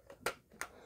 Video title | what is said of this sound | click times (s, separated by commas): Mcfarlane Dc Super Powers Collection | stick them in and push them back just like that okay you can kind of hear them snap once you push it in all right | 0.3 s, 0.6 s